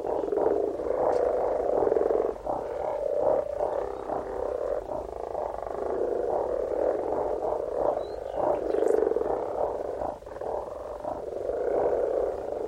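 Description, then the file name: Frogs in full chorus, rattling croaks layered and pulsing steadily, with a few brief higher clicks standing out above the din. "Frogs - Frog voises Sounds captured"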